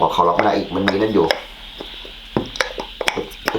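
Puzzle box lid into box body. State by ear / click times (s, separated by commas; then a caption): seated / 3.5 s. Someone talks, then a puzzle box lid (the No. 14 Locked Box) is pushed into the box body on another try at closing it, making several sharp wooden clacks from about 2.4 s. The lid locks shut with a click at 3.5 s.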